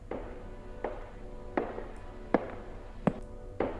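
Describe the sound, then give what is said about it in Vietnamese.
Six slow, evenly spaced footsteps, each a dull, knocking thud, repeating steadily over a faint background hiss with no voices. “Thế rồi lại là tiếng đó, là tiếng bước chân.”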